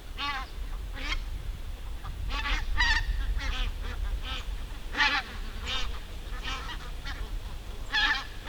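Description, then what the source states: Greater white-fronted goose: shrill, rapid double and triple yelps from several birds, spaced irregularly over a steady low rumble. Recorded 4 October 2020.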